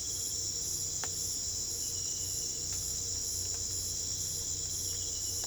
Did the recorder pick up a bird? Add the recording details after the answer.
no. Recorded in pastures near Puerto Asís, Putumayo, Colombia, on 22 December 2024 at 03:30. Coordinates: 0.487, -76.322. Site GP09